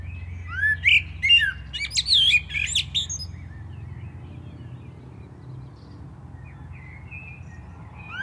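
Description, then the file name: Common blackbird song: a short run of mellow whistled notes ending in high squeaky twitters during the first three seconds, then quiet with a low background rumble. "Turdus merula"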